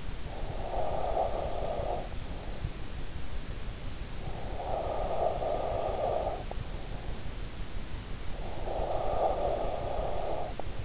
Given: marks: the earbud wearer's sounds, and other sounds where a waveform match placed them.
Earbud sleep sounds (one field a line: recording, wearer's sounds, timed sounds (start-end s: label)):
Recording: sounds in sleep by an in-ear microphone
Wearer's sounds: breath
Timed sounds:
0.00-2.54 s: breath
4.35-6.80 s: breath
8.48-10.85 s: breath